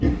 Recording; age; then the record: pig call; growing-finishing pig (85 days or more)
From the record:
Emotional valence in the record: negative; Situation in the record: barren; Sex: female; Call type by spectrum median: low-frequency call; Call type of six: low-frequency stable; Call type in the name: low-frequency stable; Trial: 4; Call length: 0.20 s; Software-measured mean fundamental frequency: 43 Hz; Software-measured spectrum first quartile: 87 Hz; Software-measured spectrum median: 204 Hz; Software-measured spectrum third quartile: 330 Hz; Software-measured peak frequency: 78 Hz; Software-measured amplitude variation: 116 dB a second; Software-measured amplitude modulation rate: 22.5 a second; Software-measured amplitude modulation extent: 5.1 dB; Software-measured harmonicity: -0.9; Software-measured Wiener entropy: -0.91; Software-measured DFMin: 1295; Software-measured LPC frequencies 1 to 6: 308, 1887, 3111, 4106, 5050, 6452 Hz